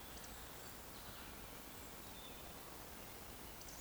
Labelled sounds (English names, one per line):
Eurasian Woodcock whistle